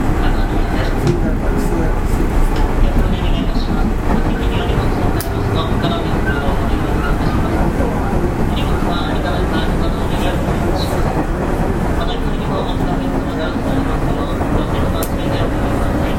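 Running noise from inside a Nishitetsu 5000 series train, a dense, steady rumble and rattle that holds at one loudness for the whole stretch. Sharp clicks and squeaks from the wheels pop up every second or two, and faint voices murmur underneath.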